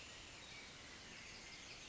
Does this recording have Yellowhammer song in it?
no